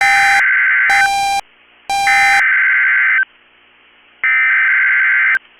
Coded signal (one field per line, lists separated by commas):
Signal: Emergency Alert System (SAME) tones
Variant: header bursts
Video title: EAS Tornado Warning North Minneapolis, Minnesota NOAA Weather Radio KEC65